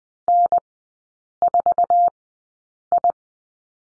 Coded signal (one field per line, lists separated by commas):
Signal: Morse code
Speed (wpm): 20 wpm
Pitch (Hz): 700 Hz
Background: none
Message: N4I